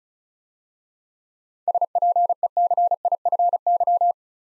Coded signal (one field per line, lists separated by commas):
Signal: Morse code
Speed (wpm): 36 wpm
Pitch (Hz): 700 Hz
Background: none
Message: SPECIFY